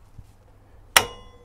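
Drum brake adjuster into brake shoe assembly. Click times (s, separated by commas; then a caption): 1.0 s. A new rear drum brake self-adjuster on a Rover Metro is fitted between the brake shoes on the second side of the car. The metal adjuster snaps into position with one sharp, loud click at 0.97 s, ringing briefly after a quiet lead-in. The adjuster is seated in the brake shoe assembly.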